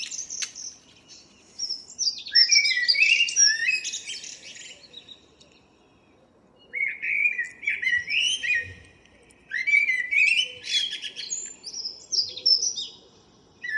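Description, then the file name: Common blackbird song with repeated phrases of fluty whistles mixed with high, tinkling twitters, paused briefly between bursts. "Turdus merula"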